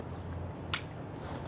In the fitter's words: okay you'll hear here click